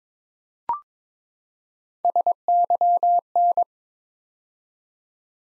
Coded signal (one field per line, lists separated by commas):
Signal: Morse code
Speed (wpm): 23 wpm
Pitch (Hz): 700 Hz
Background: none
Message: SYN